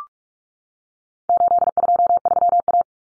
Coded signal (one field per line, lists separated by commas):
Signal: Morse code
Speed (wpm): 44 wpm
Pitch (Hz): 700 Hz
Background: none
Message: 823A